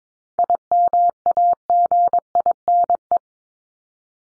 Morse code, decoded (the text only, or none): IMAGINE